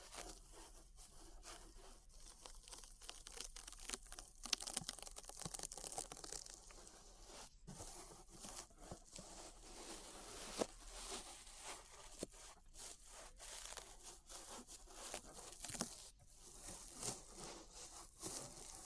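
Ear brushing: a continuous bristly scratching and rubbing that sweeps back and forth at an irregular pace, bright and hissy with little low end. Brief clicks and soft bumps punctuate the strokes, with short gaps near 7.5 and 16 seconds.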